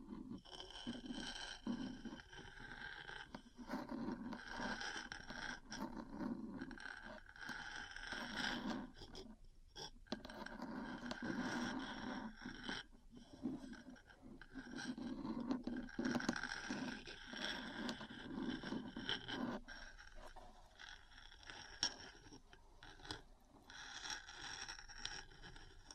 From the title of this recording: Metal Parts Tapping & Scratching